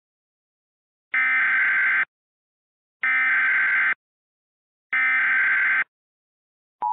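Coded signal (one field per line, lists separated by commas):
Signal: Emergency Alert System (SAME) tones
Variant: header bursts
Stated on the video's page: Fictional scenario alert with valid tones, carried on Xfinity and Spectrum cable.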